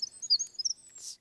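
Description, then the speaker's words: Winter Wren song fragment: a quick run of very high thin notes and trills, ending in a soft hiss. Lives in stream gorges; sings at high frequency to stand out above the low-frequency noise of rushing water. "I bet Lee's got a winter wren song."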